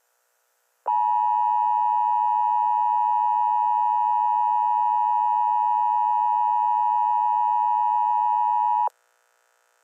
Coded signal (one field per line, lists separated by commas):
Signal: Emergency Alert System (SAME) tones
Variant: 853 and 960 Hz attention tone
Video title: EAS Scenario - The Desert Scorpion War (Pilot Scenario)